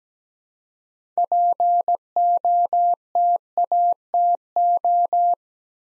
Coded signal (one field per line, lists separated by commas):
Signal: Morse code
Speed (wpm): 17 wpm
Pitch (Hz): 700 Hz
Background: none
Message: POTATO